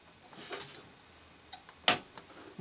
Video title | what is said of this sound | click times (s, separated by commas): Installing 16GB Of RAM In My PC Build: Corsair XMS3 DDR3 2000MHz | There we go. Snapped into place. | 1.9 s